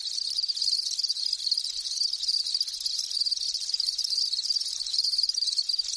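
Insect trilling in one unbroken, high-pitched, rapidly pulsed drone that holds a constant level throughout.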